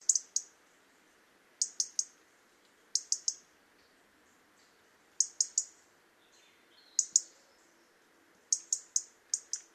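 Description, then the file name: European robin giving sharp, high ticking calls in quick clusters of two to four, repeated every one to two seconds over a quiet background. "Erithacus rubecula"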